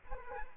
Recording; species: mosquito wingbeat signal from an infrared sensor; Anopheles arabiensis